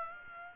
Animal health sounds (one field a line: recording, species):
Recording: mosquito wingbeat signal from an infrared sensor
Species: Aedes aegypti